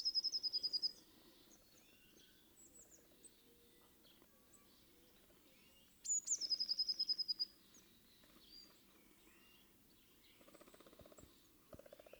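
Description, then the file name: Eurasian blue tit song: high rapid trills at the start and again midway, with lower pulsed sounds toward the end. "Cyanistes caeruleus"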